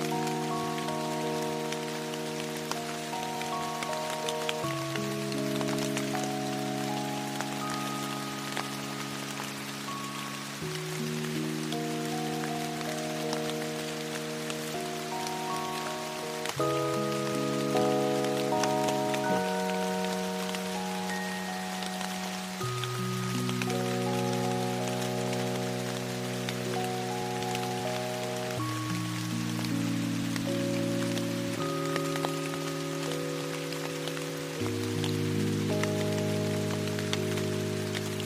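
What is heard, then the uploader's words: Steady rain hisses evenly throughout, a dense fine patter with scattered brighter drops, under slow, soft sustained music. Held chords in the low and middle range shift every few seconds, around 5, 10, 16, 19, 23, 28 and 35 seconds, at a constant level. Ambient Rain Soundscape. Steady rain and relaxing music.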